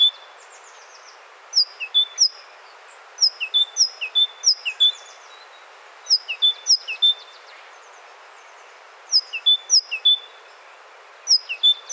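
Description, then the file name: Great tit song, bright high whistled notes delivered in quick runs of several notes, bursts separated by short pauses, with steady background hiss. "Parus major"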